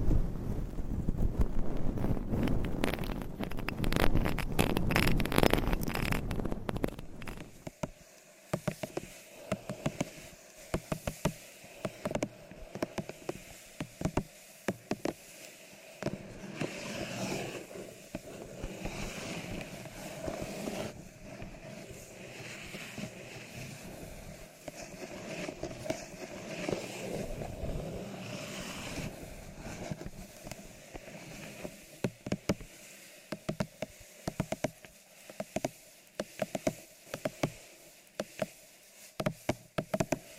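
Scratching, tapping and brushing on a covered mic. The first seven seconds are a loud, dense rumbling rub. After that come quieter, uneven bursts of scraping and tapping with short gaps. Around twenty seconds, a steadier swishing brush stroke runs for a while.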